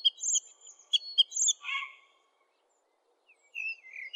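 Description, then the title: Oriental magpie-robin song: clear, varied whistled notes and short slurred phrases in a quick burst, a pause, then a few more descending whistles. "Kicau Kacer"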